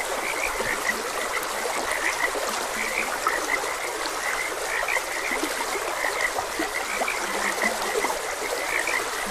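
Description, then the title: Frogs: a chorus of many quick, repeated croaks over the steady rush of stream water. Frogs croaking beside a gentle stream. "Gentle Stream and Frogs Croaking"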